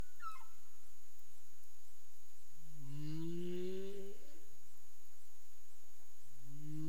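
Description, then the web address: Humpback whale calls: a brief high descending whistle, then a long low rising moan with bright harmonics, and another low moan starting at the very end. Caribbean, recorded 30 April 2035 at 03:35 UTC. "CARIMAM. humpback whale"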